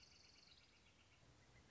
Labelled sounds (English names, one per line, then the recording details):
Northern Flicker
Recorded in Sonoma County, California